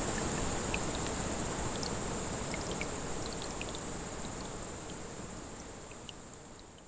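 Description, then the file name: Grasshoppers stridulating in high, buzzy pulses beside running water; the whole scene fades away toward the end. Several grasshoppers beside a brook, 6 August 2014, recorded on an MZ-N 710. "Ruisselet et sauterelles 6 08 14"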